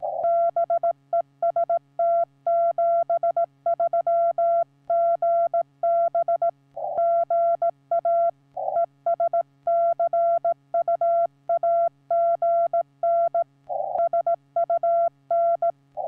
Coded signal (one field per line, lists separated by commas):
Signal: Morse code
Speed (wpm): 16 wpm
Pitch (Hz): 680 Hz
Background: none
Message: BEST 73 GB GA ES CUAGN SUN